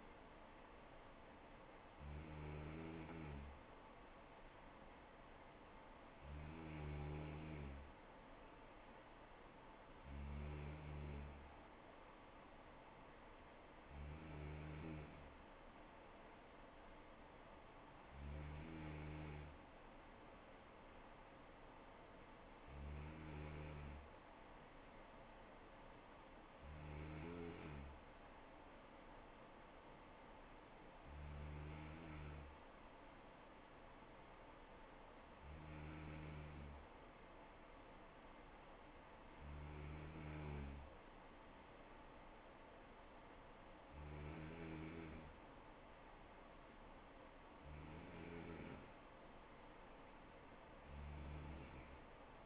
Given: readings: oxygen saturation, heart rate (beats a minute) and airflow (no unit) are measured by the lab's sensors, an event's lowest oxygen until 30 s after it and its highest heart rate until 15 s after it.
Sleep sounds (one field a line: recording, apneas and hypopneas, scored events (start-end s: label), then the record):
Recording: breathing in sleep by a voice recorder at the bedside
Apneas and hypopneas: none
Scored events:
none scored
From the record:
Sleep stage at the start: N3 (deep sleep)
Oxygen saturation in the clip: 94 to 95%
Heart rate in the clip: 64 to 71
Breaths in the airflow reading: 13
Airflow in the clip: -4.3 to 3.0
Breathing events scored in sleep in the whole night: 79 in 6.3 hours asleep